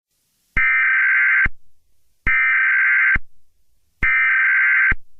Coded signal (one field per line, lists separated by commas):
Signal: Emergency Alert System (SAME) tones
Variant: header bursts